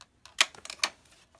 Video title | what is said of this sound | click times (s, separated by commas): Porsche PDK Sport Steering Wheel Trim and Switch Removal | pry on the top and it you might hear it click two places and it's | 0.4 s, 0.8 s